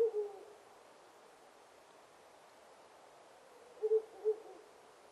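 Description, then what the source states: Owl giving low hoots, one pair at the very start and a three-note series near the end, with soft background hiss between. Recorded 5 May 2001.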